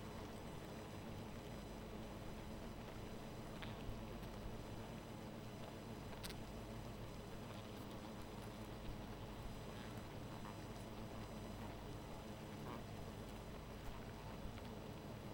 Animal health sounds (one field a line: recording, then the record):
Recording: honeybee colony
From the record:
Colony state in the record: missing queen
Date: 14 July 2017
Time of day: 1:29